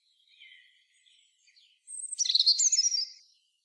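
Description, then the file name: European robin song: soft, thin wavering notes, then a loud burst of high, buzzy, rapid warbling. "Erithacus rubecula"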